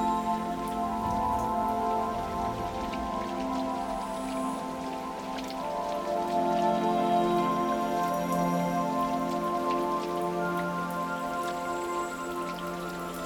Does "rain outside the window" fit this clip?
yes